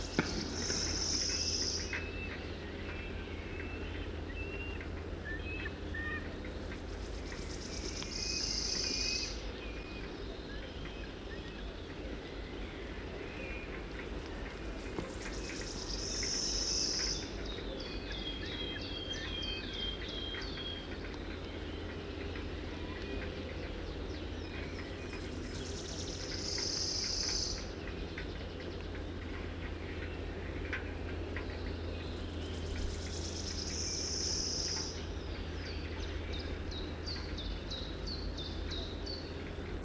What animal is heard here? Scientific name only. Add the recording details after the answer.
Falco subbuteo. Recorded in the wild. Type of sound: call. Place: Schaabe, Insel Rügen, Mecklenburg-Vorpommern, DE. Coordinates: 54.57, 13.45. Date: 1969-05-22. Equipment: NAGRA III BH, Sennheiser MD21 mit Reflektor (d=75 cm, Glasfiber) und Stativ. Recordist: Schubert, Michael. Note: Nähe Forsthaus Gelm: ferne Rufe eines Falken (Baumfalken??)